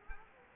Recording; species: mosquito wingbeat signal from an infrared sensor; Culex quinquefasciatus